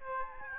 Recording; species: mosquito wingbeat signal from an infrared sensor; Aedes albopictus